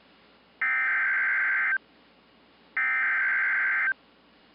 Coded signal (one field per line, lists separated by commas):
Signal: Emergency Alert System (SAME) tones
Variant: header bursts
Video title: 9/06/2020 | SLIGHT BUST [EAS #219]